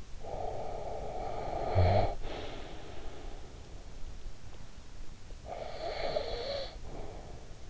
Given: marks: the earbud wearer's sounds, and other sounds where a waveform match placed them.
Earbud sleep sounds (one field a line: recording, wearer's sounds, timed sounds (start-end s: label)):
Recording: sounds in sleep by an in-ear microphone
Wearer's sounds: snoring breath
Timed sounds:
0.07-3.65 s: snoring breath
5.17-7.70 s: snoring breath